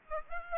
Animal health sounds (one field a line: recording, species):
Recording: mosquito wingbeat signal from an infrared sensor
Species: Aedes aegypti